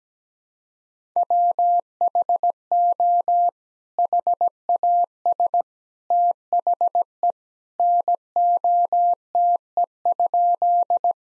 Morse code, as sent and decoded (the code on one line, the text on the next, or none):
.-- .... --- / .... .- ... / - .... . / -. --- - . ..--..
WHO HAS THE NOTE?